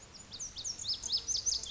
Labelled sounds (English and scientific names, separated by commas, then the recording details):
Lazuli Bunting (Passerina amoena)
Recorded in Sonoma County, California